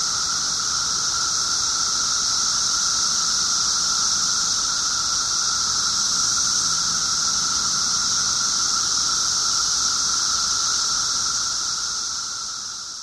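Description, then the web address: Periodical cicadas in a dense, unbroken chorus: a hissing high whine with a steady lower drone, holding level throughout and easing slightly at the very end. 17-year cicadas, several together; recorded 24 June 2007 at 1:30 pm. "cicadas 6 24 07 1 ' 30 pm. 17 yrcicada"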